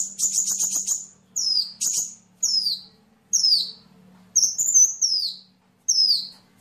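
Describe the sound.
Bird song: a short fast trill, then sharp high notes that slide downward, each repeated about every second with quiet gaps.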